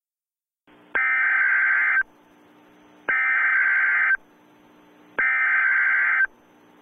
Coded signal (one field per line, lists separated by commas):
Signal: Emergency Alert System (SAME) tones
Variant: header bursts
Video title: EAS Mock - Black Sunday Happens Again